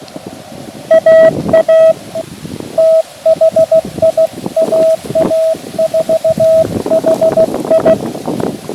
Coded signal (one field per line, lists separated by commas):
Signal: Morse code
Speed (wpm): 17 wpm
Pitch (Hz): 650 Hz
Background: none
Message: AA THI AA4HI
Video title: Windy Park Activation, Field Coffee and DX with the repaired QMX